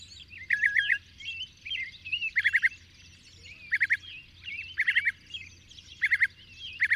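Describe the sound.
Birdsong chorus with short trilled bursts of three or four rapid notes repeated roughly every second, mixed with scattered chirps and warbles.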